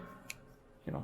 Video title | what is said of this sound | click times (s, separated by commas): Anker 65W GaN PD Charger vs No Name GaN PD Charger | nice satisfying click when you fold this in here this is not going to fall apart | 0.3 s